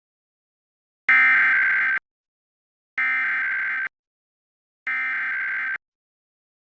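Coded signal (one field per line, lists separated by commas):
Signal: Emergency Alert System (SAME) tones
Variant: header bursts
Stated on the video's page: Pennsylvania Required Monthly Tests received from television stations.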